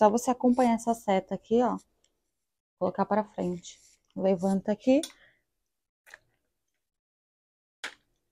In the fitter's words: aí faz um clique já tá encaixada